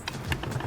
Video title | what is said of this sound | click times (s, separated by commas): Mercedes W211 MAF Sensor Removal Replacement 2003 2004 2005 2006 20027 2008 2009 | Okay, and just push it in until it clicks. | 0.1 s, 0.3 s